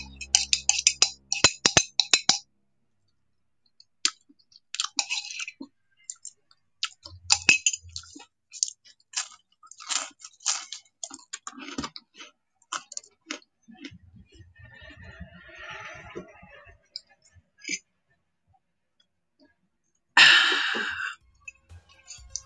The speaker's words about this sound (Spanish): Bueno, espero que se hayan dado cuenta que estoy comiendo y también tomé agua.